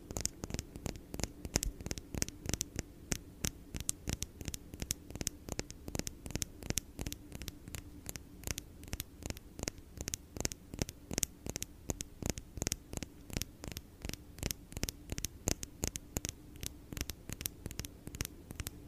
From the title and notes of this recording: Blue yeti microphone. Asmr tapping.